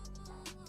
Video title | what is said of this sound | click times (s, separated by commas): How To Replace Arctis Nova Pro Wireless Earpads | You heard that one, and then you're gonna hold on to it, | 0.5 s